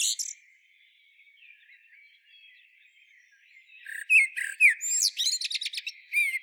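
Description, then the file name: Eurasian blackbird song: the end of a phrase, a quiet gap, then a phrase of short fluty notes followed by a rapid run of high, squeaky twittering notes. "Turdus merula"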